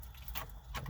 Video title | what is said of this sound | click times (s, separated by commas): B5.5 Volkswagen Passat Aftermarket Radio Install | they should click in place | 0.3 s